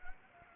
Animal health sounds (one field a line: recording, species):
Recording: mosquito wingbeat signal from an infrared sensor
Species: Anopheles gambiae